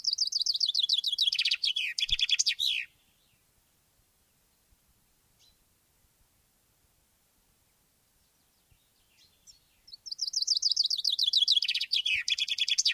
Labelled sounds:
Common Chaffinch (Fringilla coelebs)
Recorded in the wild
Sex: male
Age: adult
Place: Ehrwald, Wettersteingebirge, Tirol, AT
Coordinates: 47.4275, 10.9428
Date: 1962
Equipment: Stellavox SM 5, Original, Vollspur
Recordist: Tretzel, Erwin

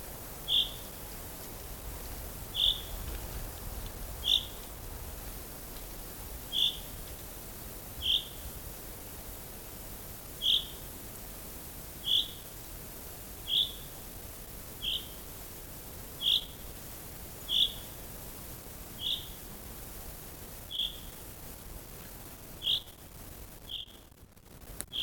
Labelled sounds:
Common Chaffinch (Fringilla coelebs)
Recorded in the wild
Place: Liebenthal, Schorfheide, Brandenburg, DE
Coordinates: 52.92, 13.46
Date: 1996-04-07 17:58
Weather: heiter, 15°C, z.T. windig
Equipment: Nagra SN, Sennheiser MKH 416 T, Kopie Uher 4000 Report Monitor
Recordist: Tembrock, Günter
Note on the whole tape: Am Pinnowsee: "Pink"-Rufe und "Rülschen"

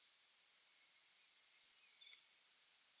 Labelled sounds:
Hazel Dormouse (Muscardinus avellanarius) call
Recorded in the wild
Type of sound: call
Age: adult
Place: Jena, Thüringen, DE
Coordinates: 50.9128, 11.5238
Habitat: Nestbox
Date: 2024-06-05
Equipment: audiomoth
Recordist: Nüske, Jörg
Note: Nähe Wüstung Möbis: Rufe im Nest zwei Tiere anwesend

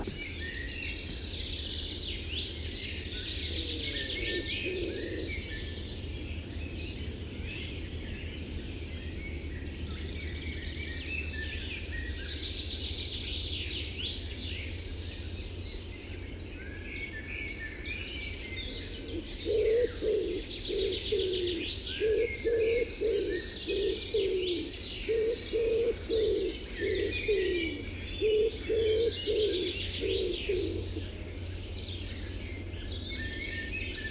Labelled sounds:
Common Wood Pigeon (Columba palumbus) call
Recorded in the wild
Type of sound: call
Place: Wolin, Westpommern, PL
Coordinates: 53.923, 14.549
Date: 1972-06-04
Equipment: Nagra III BH, Sennheiser MD 21, parabola
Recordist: Schubert, Michael
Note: Ringeltaube mit Nestruf und Rufreihe

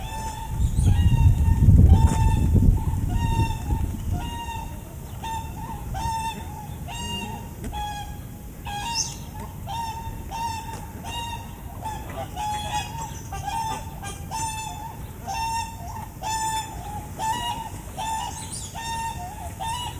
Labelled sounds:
Trumpeter Swan (Cygnus buccinator) call
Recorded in captivity
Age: adult
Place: Tierpark Berlin, Berlin, DE
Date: 2008-08-21 13:35
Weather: 24°C
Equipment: Sony WM-D6C, Sennheiser ME 80, Kopie Uher 4000 Report Monitor
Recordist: Tembrock, Günter

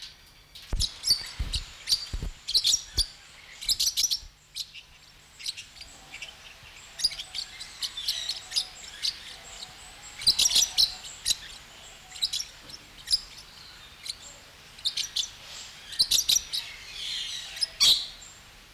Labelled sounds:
Mexican Parrotlet (Forpus cyanopygius)
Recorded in captivity
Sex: pair
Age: adult
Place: Zoo Berlin, Berlin, DE
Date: 1993-10-16
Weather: heiter,3-8°C
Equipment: Marantz CP 430, Sennheiser MKH 416 T, Kopie Uher Variocord 263
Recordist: Tembrock, Günter

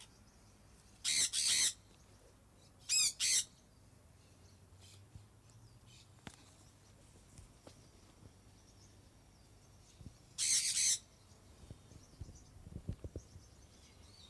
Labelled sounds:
Sun Parakeet (Aratinga solstitialis) call
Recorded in captivity
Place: Tiergarten Wilhelma/Stuttgart, Baden-Württemberg, DE
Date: 2005-03-14 15:07
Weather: heiter, 5-8°C
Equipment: Sony WM-D6C, Sony ECM-MS 907, Kopie Uher 4000 Report Monitor
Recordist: Tembrock, Günter

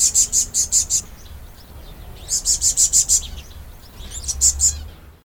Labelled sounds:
Zanzibar Red Bishop (Euplectes nigroventris)
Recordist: Tembrock, Günter
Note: Rufreihe eines Männchens

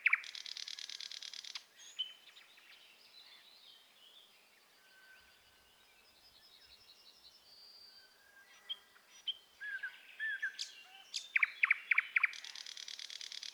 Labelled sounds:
Thrush Nightingale (Luscinia luscinia) song
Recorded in the wild
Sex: male
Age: adult
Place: Wizna, Lomzynski Park Krajobrazowy Doliny Narwi, Podlaskie Voivodeship, PL
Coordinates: 53.1844, 22.4117
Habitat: shrubland
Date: 2016-05-27 09:10
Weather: clear sky, light breeze
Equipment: Marantz PMD660 recorder, Sennheiser ME67 directional microphone
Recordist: Souriau, Abel

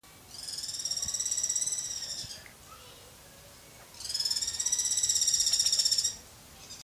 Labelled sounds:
Guira Cuckoo (Guira guira)
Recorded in captivity
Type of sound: trill
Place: Zoo Berlin, Berlin, DE
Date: 2003-09-26 17:15
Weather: heiter, 16-17°C
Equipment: Fair Mate ST-1328 (Asahi Electronics, Japan), Sennheiser ME 80, Kopie Uher 4000 Report Monitor
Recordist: Tembrock, Günter
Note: 9:09 - 13:26 min)

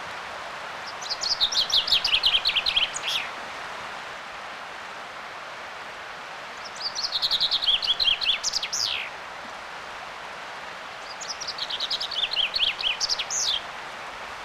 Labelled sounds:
Common Chaffinch (Fringilla coelebs) song
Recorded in the wild
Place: Oberstdorf, Bayern, DE
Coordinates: 47.3661, 10.3014
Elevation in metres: 922
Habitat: mountains
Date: 1985-04-05
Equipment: Uher 4000 Report
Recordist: Tretzel, Erwin

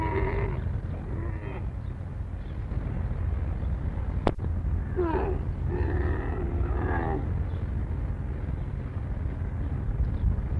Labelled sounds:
One-humped Camel (Camelus dromedarius) defence call
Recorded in captivity
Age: subadult
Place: Zoo Hannover, Niedersachsen, DE
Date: 1960-11-30 15:30
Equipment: Minifon, Kopie Smaragd
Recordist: Tembrock, Günter
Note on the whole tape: Dromedar: fast erwachsenes Tier: Abwehlaute gegen ein anderes Exemplar. Abstand ca 10 bis 12 m

